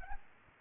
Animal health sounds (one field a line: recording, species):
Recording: mosquito wingbeat signal from an infrared sensor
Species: Aedes albopictus